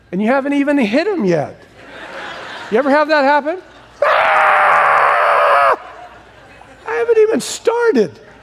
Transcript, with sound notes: And you haven't even hit 'em yet. You ever have that happen? [screaming] I haven't even started!